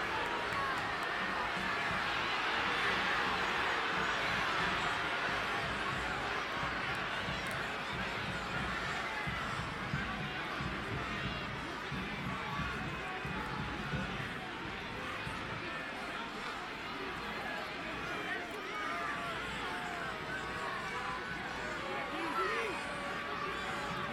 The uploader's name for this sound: Sounds of 18,418 Birmingham Legion FC Fans